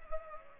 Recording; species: mosquito wingbeat signal from an infrared sensor; Culex pipiens